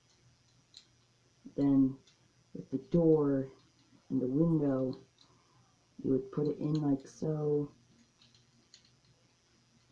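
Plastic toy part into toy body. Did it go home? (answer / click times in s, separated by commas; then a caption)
no / none. Someone talks while handling a plastic part of a transforming toy, moving it into position on the toy body, with a few faint plastic taps between the words. The part has not locked into place yet; nothing has seated or clicked home by the end of the clip.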